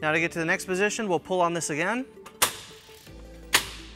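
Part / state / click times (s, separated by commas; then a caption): hitch bike rack tilt mechanism latching into its flat loading position / seated / 3.6 s. Someone talks while the handle on an Inno Tire Hold 4 hitch bike rack is pulled again and the rack is lowered toward its flat loading position. A sharp hit comes at 2.4 s, then the metal tilt latch clicks into place at 3.6 s, seating the rack in the flat loading position.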